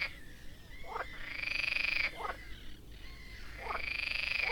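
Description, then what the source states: Frog chorus with short croaks repeating, overlapping drawn-out ringing tones, over a steady background hiss. Frogs at Lake Ptuj.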